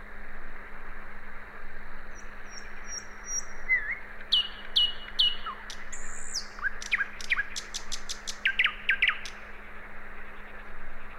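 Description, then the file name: Common nightingale delivering high whistles, a descending slurred note and a fast volley of repeated dry notes, with a faint steady hum throughout. "Luscinia megarhynchos"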